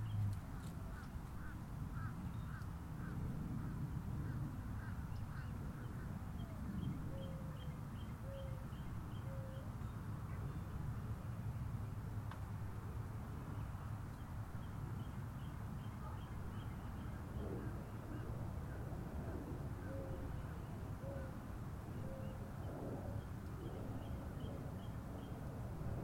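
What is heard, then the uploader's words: Outdoor ambience on a golf course in Palm Harbor, Florida, with a constant low rumble that sounds like distant traffic. Birds call repeatedly above it in short chirping runs, and some soft whistled notes appear around 7–9 and 20–23 seconds. Golf Course, Palm Harbor FL.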